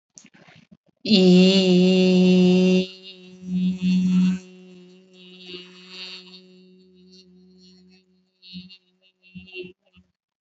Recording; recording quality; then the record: sustained vowel as in beet; excellent, no background noise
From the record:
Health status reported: healthy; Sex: female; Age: 53 years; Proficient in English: yes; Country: India